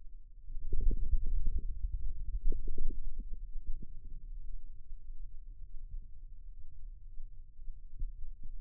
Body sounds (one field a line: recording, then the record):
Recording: forearm muscle sounds (acoustic myography)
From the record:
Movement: ulnar deviation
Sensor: system 2, bracelet of six BSWA MPA416 microphones around the upper forearm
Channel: 4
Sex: male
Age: 22 years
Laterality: right